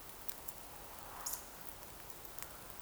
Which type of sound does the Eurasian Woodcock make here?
whistle